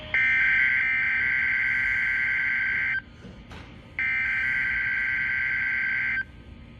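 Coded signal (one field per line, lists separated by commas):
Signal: Emergency Alert System (SAME) tones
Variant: header bursts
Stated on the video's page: Georgia severe weather drill alerts.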